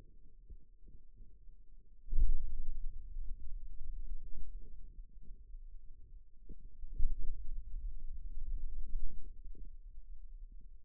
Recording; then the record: forearm muscle sounds (acoustic myography)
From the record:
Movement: pen grasping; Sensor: system 2, bracelet of six BSWA MPA416 microphones around the upper forearm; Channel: 5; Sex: male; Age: 22 years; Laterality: right